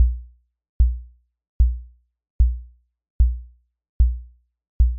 Heartbeat.